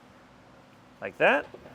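Two disc brake pads with their keeper clips are being fitted into the trailer caliper assembly of a DeeMaxx Disc Brake Kit on a 2021 Dutchmen Voltage 5W Toy Hauler. Over a low steady background hum, someone talks briefly near the end. The pads are only being handled and nothing has seated or clicked yet.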